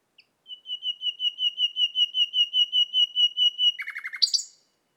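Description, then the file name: Common nightingale song: a long series of evenly pulsed pure whistles on one pitch, swelling at first, ending in a sudden burst of rattling notes. "Luscinia megarhynchos"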